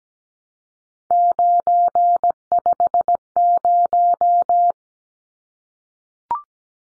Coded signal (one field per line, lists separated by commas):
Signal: Morse code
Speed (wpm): 17 wpm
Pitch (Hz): 700 Hz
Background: none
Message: 950